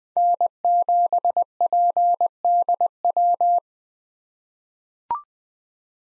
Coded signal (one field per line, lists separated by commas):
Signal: Morse code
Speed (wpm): 20 wpm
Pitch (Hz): 700 Hz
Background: none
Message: N7PDW